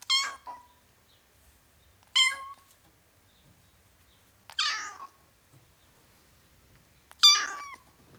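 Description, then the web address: Domestic cat: kitten meowing, four high thin mews spaced about two to three seconds apart, each sliding down at the end, with quiet gaps between. Ten-week-old kitten, meowing. "BBC Sound Effects Library. Ten Week Old Kitten, Meowing"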